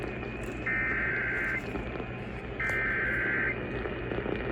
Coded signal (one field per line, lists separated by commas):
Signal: Emergency Alert System (SAME) tones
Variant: header bursts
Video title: (EAS 40) Immediate Evacuation